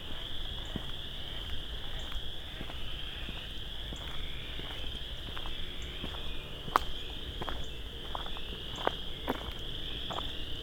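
Chorus frogs trill in a dense, steady high drone throughout, while footsteps crunch at a fairly regular pace beneath a low rumble.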